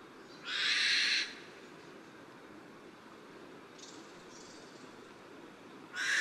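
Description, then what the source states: Maroon oriole calls: a rasping, wide-band note, a much fainter one midway, and a third starting at the end. Recorded at Yushan, Taiwan.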